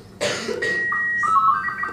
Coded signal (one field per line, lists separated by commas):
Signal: SSTV (slow-scan television)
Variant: Robot 36